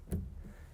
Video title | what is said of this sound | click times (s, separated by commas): Gator FX5 Hard Folding Tonnea Cover Install on a 2015 F-150 - GatorCovers.com | our prop rod this pops right into the ball stud | 0.1 s